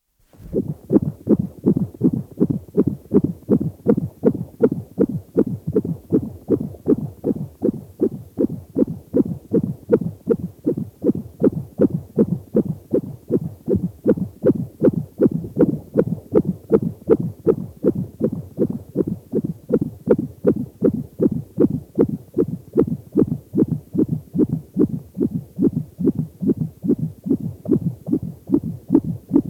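Rapid, steady whooshing thumps at about 158 a minute: a fetal heartbeat at 38 weeks of pregnancy, picked up by direct contact.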